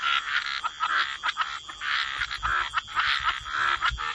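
Frog chorus of overlapping raspy croaks, rising and falling in dense irregular waves, over a steady hiss.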